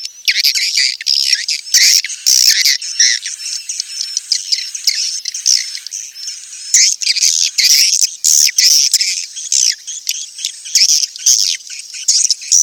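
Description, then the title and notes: Swiftlet twittering, bursts of loud high chirps separated by quieter stretches of thin, steady twitters. Sound used for swiftlet farming in Asia. "Swiflet Bird Sound. Farming Swiflet Bird asia sound"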